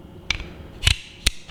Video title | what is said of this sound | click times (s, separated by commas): Win and Win WS700 Sight | if I can push it back in, it clicks into the positions. | 0.3 s, 1.3 s